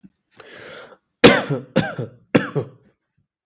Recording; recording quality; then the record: shallow voluntary cough; excellent, no background noise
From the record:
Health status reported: recovered from COVID-19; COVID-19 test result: positive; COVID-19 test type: rapid antigen test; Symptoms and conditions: sore throat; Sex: male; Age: 25 years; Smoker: no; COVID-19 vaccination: both doses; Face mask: not worn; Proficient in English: yes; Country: India